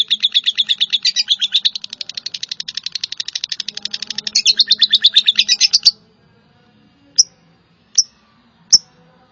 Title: kicau gelatik